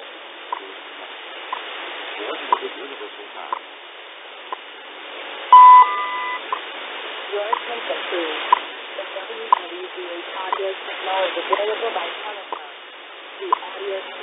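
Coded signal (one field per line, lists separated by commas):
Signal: radio time signal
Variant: WWV and WWVH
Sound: static and faint voice, then a steady tone under a second, faint clicks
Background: radio static, faint speech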